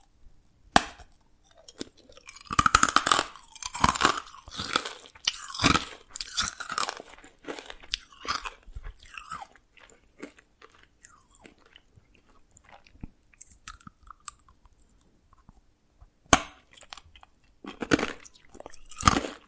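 Dalgona candy is tapped and cracked in sharp, crunchy bursts. The snaps cluster densely between about two and six seconds, thin into scattered softer clicks and scrapes through the middle, then return as bright cracks near sixteen and nineteen seconds.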